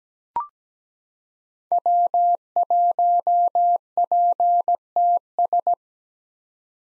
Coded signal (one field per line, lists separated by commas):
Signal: Morse code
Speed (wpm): 17 wpm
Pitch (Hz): 700 Hz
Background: none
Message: W1PTS